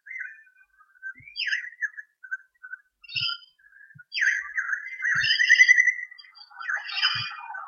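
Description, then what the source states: Birds chirp and warble, building into a longer run of trilled, descending notes toward the end. Recorded in Armidale in 2013.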